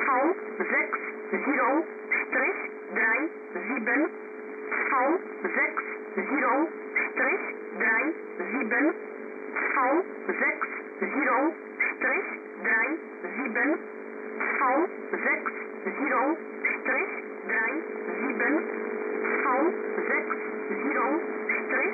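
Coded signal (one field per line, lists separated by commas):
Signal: numbers station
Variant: G11, German voice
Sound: short clipped spoken words at a steady even pace over a constant low hum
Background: radio static, hum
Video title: G11 Numbers Station on 4.441Mhz 7-Dec-2012 20:00 GMT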